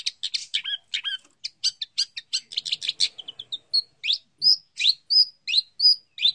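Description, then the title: Long-tailed shrike song: dense scratchy chattering that gives way to a steady series of clear whistled notes. Champion bird. "Kicau Burung Cendet Juara"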